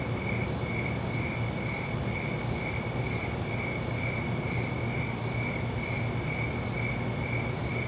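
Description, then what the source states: Even, repeated cricket chirps, about two each second, over a steady bed of hiss and low droning hum. Crickets recorded at night.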